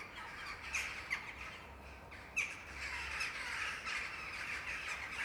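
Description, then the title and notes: Overlapping jackdaw squawks from a flock, a few sharper calls popping out early and midway over a continuous chattering background. Several jackdaws giving territorial calls in the afternoon near sunset. "ｐａｔｚｒ ｒａｄｉｏ ｎｉｎｅｔｙ－ｓｅｖｅｎ－ｂ - untitled [Jackdaws, mainly]. the jackdaws were so good this afternoon. this territorial racket any day i'm around near sunset"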